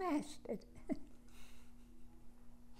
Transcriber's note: chuckles